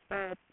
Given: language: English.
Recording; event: throat vibration sensor signal played as sound; speech